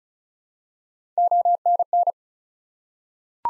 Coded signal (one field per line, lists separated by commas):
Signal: Morse code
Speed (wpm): 36 wpm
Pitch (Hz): 700 Hz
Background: none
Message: ONN